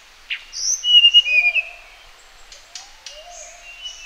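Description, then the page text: Sulawesi blue flycatcher song: a bright run of high, sliding whistles, with softer, lower whistled notes. "Sulawesi Blue Flycatcher Song. Quick Sounds"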